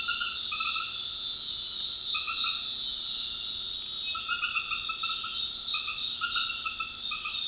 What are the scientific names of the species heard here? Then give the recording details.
none. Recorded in dense forest near Puerto Asís, Putumayo, Colombia, on 19 February 2024 at 20:30. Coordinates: 0.502, -76.324. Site G6370